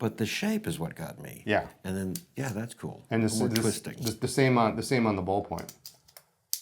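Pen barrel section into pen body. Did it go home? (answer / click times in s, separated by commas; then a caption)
yes / 6.5 s. Someone talks while closing the barrel of a fountain pen or ballpoint, turning the section into the pen body with a single rotating movement and no threads. Faint ticks come after the talking stops, then a sharp snap at 6.5 s as the barrel seats in place.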